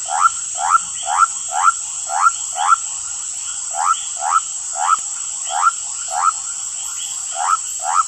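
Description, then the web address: Basin white-lipped frog repeating brief, rising, whistled whoops about twice a second, with a steady shrill insect chorus behind. Recorded in the Ecuadorian Amazon. "Natures Songs. Frogs of Ecuadorian Amazon Leptodactylus mystaceus"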